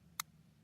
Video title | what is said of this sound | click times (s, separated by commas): Batoning A Folding Knife?! The RIGHT way | See how it just popped into place? | 0.2 s